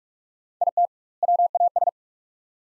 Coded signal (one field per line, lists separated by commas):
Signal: Morse code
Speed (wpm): 41 wpm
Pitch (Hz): 700 Hz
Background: none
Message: IT WAS